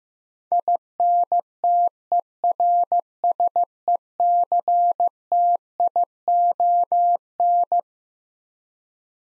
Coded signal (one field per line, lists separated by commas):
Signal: Morse code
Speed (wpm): 15 wpm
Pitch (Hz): 700 Hz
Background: none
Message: INTERSECTION